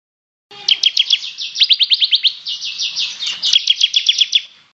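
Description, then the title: Bird song: a lively, continuous series of rapid, high chirped notes, running steadily for about four seconds before stopping. "SuaraBurung Kicau"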